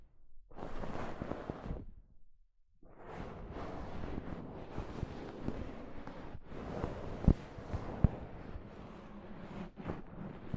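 Soft fabric brushes against a microphone in a dense, rustling scrape. A short stroke runs from about half a second to two seconds, then a pause, then nearly continuous rubbing with uneven swells from three seconds to the end. Two sharp clicks stand out around seven and eight seconds.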